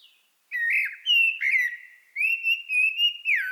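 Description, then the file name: Common blackbird pouring out a near-continuous run of smooth, mellow fluted whistles with slight rises and falls, ending on a downward slur. "Turdus merula"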